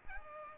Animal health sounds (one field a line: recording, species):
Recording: mosquito wingbeat signal from an infrared sensor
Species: Aedes aegypti